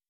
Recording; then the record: hydrophone in a shrimp aquaculture tank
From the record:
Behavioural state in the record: weakened